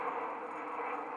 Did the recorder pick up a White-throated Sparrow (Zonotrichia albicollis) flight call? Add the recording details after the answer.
no. No flight call is heard. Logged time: 11:40 on 5 December 2014